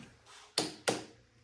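A torque wrench is pulled again on a motorcycle bolt and gives two sharp clicks at 0.6 s and 0.9 s, each ringing out briefly over a quiet background. The bolt does not move any further, confirming it is at torque.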